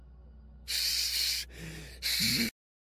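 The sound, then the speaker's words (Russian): A child, asked to hiss like a cunning snake, hisses in three sharp, breathy bursts; the first and last are loud and long, the middle one softer with a faint voiced edge, then silence. “Ладно, а теперь пошипи, как змея. Как хитрая змея”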